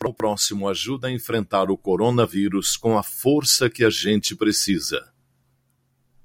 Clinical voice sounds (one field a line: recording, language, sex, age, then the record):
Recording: spoken sentence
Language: Brazilian Portuguese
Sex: male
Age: 60 to 69 years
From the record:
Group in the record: control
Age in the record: 63 years